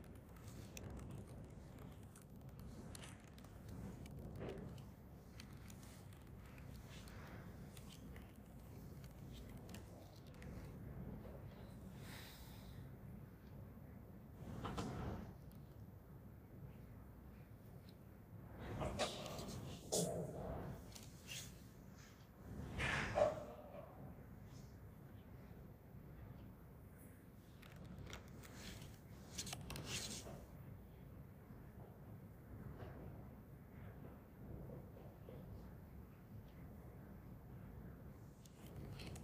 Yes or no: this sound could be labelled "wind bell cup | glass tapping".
no